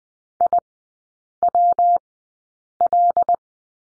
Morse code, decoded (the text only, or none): IWL